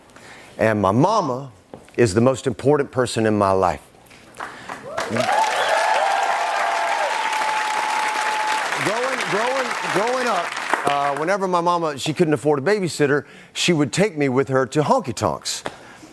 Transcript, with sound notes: And my mama is the most important person in my life.
(CHEERING)
Growing up, whenever my mama - she couldn't afford a babysitter, she would take me with her to honky-tonks.